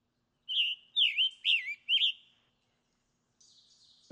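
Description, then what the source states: Scarlet Tanager song: four hoarse, burry phrases sliding up and down in quick back-and-forth succession. Treetop bird found more easily by song than by sight; song likened to a robin with a sore throat, a robin-like back-and-forth musical phrasing but raspy.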